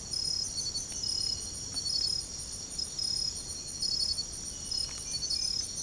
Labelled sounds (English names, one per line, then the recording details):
none
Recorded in secondary vegetation near Puerto Asís, Putumayo, Colombia, on 22 December 2024 at 03:00
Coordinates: 0.468, -76.324
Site G095